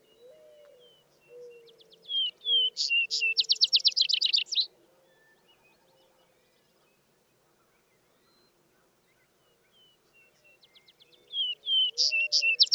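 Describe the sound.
Vesper sparrow sings twice: soft whistled introductory notes building into a loud, rapid trill, a long quiet pause, then the next song begins.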